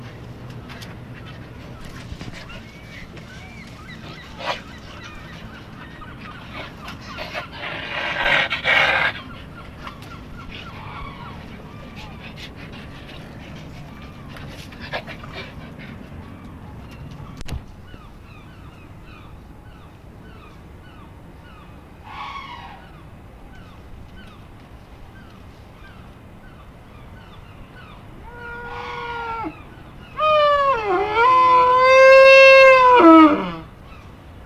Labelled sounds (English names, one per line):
Wolverine call